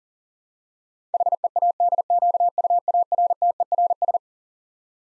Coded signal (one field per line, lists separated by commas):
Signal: Morse code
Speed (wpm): 38 wpm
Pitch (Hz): 700 Hz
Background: none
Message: HEADQUARTERS